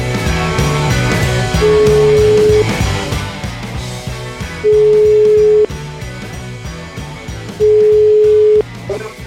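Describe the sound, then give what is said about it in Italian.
A telephone dial tone sounds three times while a number is being called back, each a steady, mid-pitched beep lasting about a second with longer gaps between, playing over continuous background music. “Richiamiamo, come dai.”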